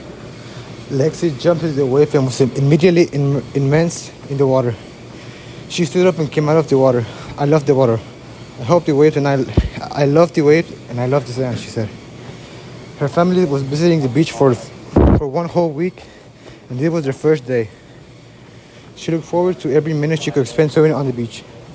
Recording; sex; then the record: reading aloud after running; male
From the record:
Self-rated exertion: vigorous exertion (4 of 6); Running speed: 10 miles an hour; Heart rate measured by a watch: 166 beats a minute at the start, 161 at the end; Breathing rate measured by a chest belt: 27 breaths a minute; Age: 18 years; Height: 179 cm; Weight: 72 kg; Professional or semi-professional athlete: no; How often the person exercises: 3 to 5 times a week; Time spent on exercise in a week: 3 to 4 hours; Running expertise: yes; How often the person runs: under once a week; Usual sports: weight training, basketball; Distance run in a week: 1 km